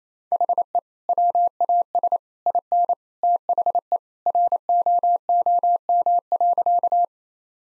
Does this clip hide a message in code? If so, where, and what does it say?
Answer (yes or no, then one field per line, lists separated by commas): yes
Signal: Morse code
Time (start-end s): 0.3-7.0 s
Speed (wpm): 28 wpm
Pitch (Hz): 700 Hz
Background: none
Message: HE WAS IN THE ROOM.